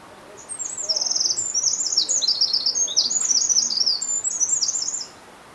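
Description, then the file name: Eurasian wren song: a fast, high, rattling stream of trills and sharp notes lasting about four and a half seconds, loud over faint background hiss. "Troglodytes troglodytes"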